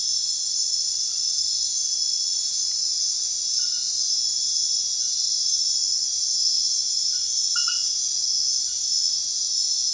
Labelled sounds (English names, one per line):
none